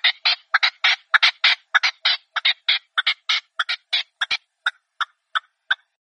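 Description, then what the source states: Red-legged partridge calling in a fast series of harsh, rasping chuckling notes, dense at first, then thinning to spaced single notes near the end. Red-legged partridge call used as a hunting lure.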